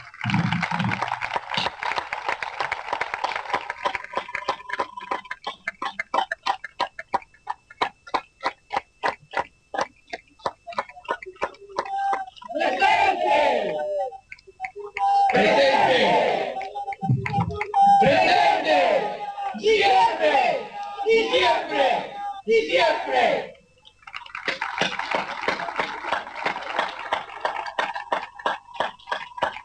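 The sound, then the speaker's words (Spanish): At the Correpi 2016 annual report event, a crowd claps steadily in tribute to Cachito Furman, then erupts into a series of loud, rhythmic group shouts of "presente", about seven chanted bursts in a row, before the dense applause takes over again. “Y yo creo que cuando uno habla de probablemente uno de los mejores de los nuestros, el mejor homenaje es el sentido aplauso y el gritar presente por siempre a Cachito Furman, compañero del alma.”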